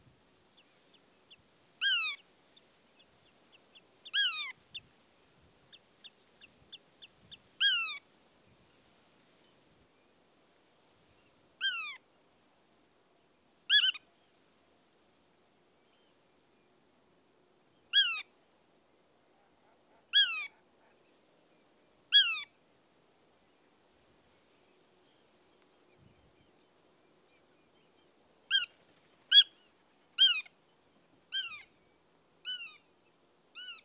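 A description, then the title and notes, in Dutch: A female black-tailed godwit gives short, clear calls to keep in touch with her chicks, each call a quick downward-sliding note. The calls come singly or in pairs every few seconds, closer together near the end, against an otherwise quiet background. Grutto – Limosa limosa – Black-tailed Godwit. De Wilck, Benthuizen. Vrouwtje grutto houdt met roepjes contact met haar kuikens.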